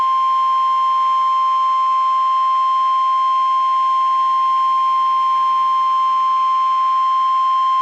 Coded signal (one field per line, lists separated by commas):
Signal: Emergency Alert System (SAME) tones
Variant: 1050 Hz attention tone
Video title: 3/2/23 - PDS Severe Thunderstorm Warning on KEC56 (EAS #729)